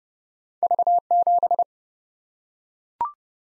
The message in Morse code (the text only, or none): V7